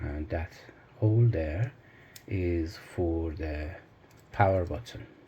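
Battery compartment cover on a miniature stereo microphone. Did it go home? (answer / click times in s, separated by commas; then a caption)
no / none. Someone talks while handling the small plastic battery compartment cover of a Sony ECM101 miniature stereo electret microphone, lining it up to slide back into its slot. Only speech and faint handling sounds are heard. The cover has not clicked or seated yet when the clip ends.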